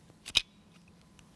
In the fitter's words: it it snaps in there these cards aren't coming out